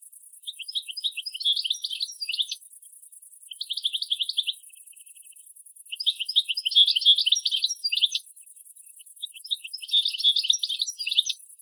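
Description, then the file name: European goldfinch twittering in four lively bursts of fast, jangling chirps, with steady high-pitched background hiss. "Carduelis carduelis"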